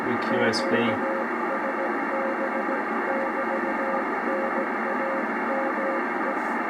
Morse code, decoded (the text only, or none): QSB<BT>NAME